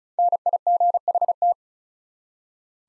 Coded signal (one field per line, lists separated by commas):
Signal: Morse code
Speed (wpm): 47 wpm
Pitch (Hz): 700 Hz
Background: none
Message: NIGHT